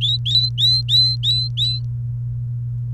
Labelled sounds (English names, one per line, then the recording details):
Domestic Canary song
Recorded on 29 April 2018 at 16:40
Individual llb3